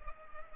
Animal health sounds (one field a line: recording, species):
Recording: mosquito wingbeat signal from an infrared sensor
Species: Culex pipiens